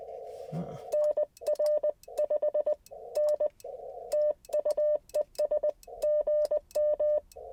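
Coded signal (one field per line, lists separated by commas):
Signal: Morse code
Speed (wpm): 20 wpm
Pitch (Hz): 600 Hz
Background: none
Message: NR5N TU ES GM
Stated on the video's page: Slow-paced QRP CW Parks on the Air activation in a national forest using an IC-705 and ATAS antenna.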